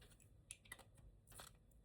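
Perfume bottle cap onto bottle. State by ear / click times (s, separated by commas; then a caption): not seated / none. A plastic, metal-look cap is pushed onto a perfume bottle, making only faint contact taps around 0.5 and 0.7 s over a low background hiss. The cap goes on without a click; nothing has clicked.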